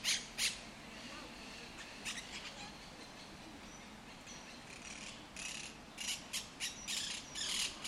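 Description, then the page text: Monk parakeet squawks, two loud harsh calls at the start, quieter notes in the middle, then a quick rattling series of grating squawks. El Retiro park, Madrid, which has Europe's largest monk parakeet population. "Cities and Memory - remixing the world. Monk parakeets in Madrid. Madrid has the greatest population of Monk Parakeets in Europe, many of whom can be seen and heard in the El Retiro park"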